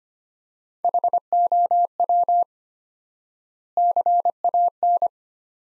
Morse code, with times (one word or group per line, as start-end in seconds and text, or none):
0.8-2.4 HOW
3.8-5.1 CAN